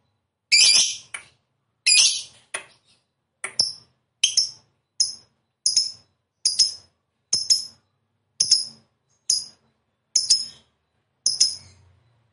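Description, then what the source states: Lovebird calls: two raspy shrill bursts followed by a steady run of sharp, high, clipped chirps. Lovebird described as a 'fighter' type that is 'gacor', singing prolifically and continuously.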